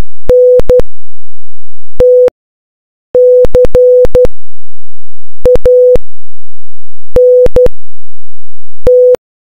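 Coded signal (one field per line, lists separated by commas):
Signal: Morse code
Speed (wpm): 12 wpm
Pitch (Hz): 500 Hz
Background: none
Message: NT CANT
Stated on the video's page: Random code breaking through on random stations in fictional New Corsica, Louisiana.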